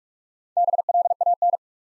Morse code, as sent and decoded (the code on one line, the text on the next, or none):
-... .-.. .- -.
BLAN